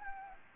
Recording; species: mosquito wingbeat signal from an infrared sensor; Anopheles gambiae